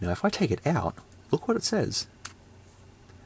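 Someone talks while pulling a charger plug out of the charging port of a clone of the 2018 Nokia 8110 4G slider phone. One short, sharp tick is heard at 2.3 s as the plug comes free, and the plug is released.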